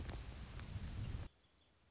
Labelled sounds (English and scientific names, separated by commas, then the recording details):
Anna's Hummingbird (Calypte anna)
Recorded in Sonoma County, California